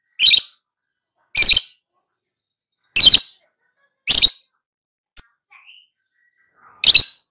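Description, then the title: Lovebird uttering several loud, harsh squawks at uneven intervals, with one brief thin chirp between. Recording used as a lure (pancingan) to prompt a lovebird to respond and sing vigorously (gacor). "Pancingan Lovebird Agar Nyaut GACOR."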